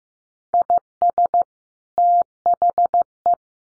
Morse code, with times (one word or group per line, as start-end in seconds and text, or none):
0.5-1.4 IS
2.0-3.3 THE